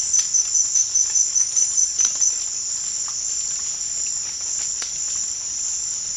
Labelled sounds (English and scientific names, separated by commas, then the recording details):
none
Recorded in dense forest near Puerto Asís, Putumayo, Colombia, on 21 March 2025 at 16:00
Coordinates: 0.484, -76.317
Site G064